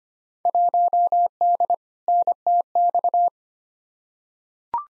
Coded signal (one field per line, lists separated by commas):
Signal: Morse code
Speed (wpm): 25 wpm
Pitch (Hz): 700 Hz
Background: none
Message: 1D NTX